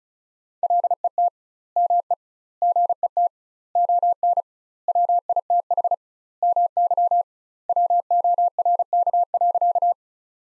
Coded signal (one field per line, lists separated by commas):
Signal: Morse code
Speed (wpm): 34 wpm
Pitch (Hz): 700 Hz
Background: none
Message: LET ME GET ON WITH MY WORK.